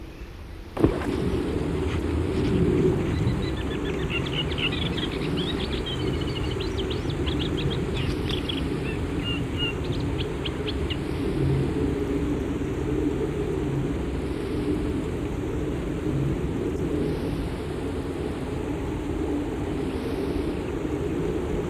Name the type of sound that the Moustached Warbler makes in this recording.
song